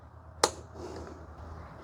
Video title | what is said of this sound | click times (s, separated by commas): Santa Fe High & Low Beam Bulb Replacement (Hyundai 2007-2012) | install the headlight assembly, grab your electrical connector, push it till it clicks. | 0.4 s